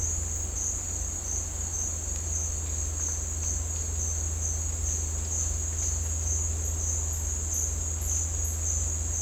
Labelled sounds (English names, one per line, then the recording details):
none
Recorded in dense forest near Puerto Asís, Putumayo, Colombia, on 21 December 2024 at 09:30
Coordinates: 0.466, -76.327
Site G075